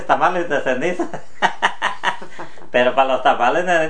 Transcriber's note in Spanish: risas